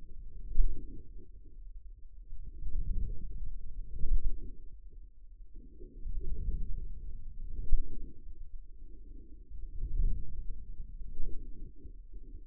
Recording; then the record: forearm muscle sounds (acoustic myography)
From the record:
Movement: outward rotation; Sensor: system 2, bracelet of six BSWA MPA416 microphones around the upper forearm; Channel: 6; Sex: male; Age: 22 years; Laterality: right